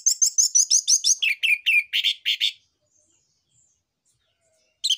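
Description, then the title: Orange-headed thrush song: a quick string of high, sharp repeated notes that drop to a lower, fuller series, then a pause and a brief burst at the end. Orange-headed thrush (anis merah) in active song (gacor) with dense song material (isian rapat); used as a lure (pancingan, pikat) and tutor recording (masteran) for young spotted birds (trotol). "PANCINGAN Anis Merah Gacor Materi Isian Rapat Cocok Untuk MASTERAN Anis Merah TROTOL"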